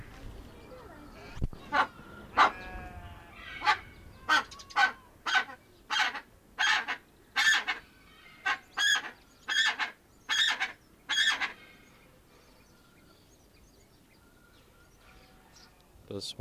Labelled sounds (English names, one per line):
Brown Eared Pheasant call